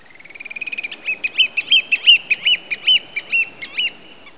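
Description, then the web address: Bird calling in a series that starts with rapid soft ticks, then breaks into louder, spaced, wavering notes, over a faint hiss. "特酷声音素材库 动物 鸟 Bird"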